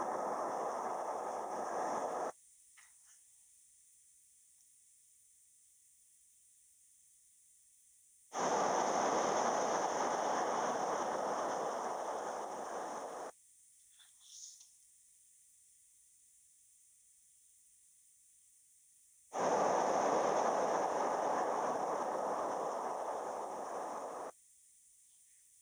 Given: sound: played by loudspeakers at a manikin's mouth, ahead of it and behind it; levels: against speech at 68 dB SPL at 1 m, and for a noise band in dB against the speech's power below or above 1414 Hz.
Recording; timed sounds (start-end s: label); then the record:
test signals for a remote microphone
0.00-2.30 s: speech-spectrum noise from the mouth, turned 45 degrees left
8.30-13.30 s: speech-spectrum noise from the mouth, facing ahead
19.30-24.30 s: speech-spectrum noise from the mouth, turned 45 degrees right
From the record:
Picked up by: remote microphone B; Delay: 24 ms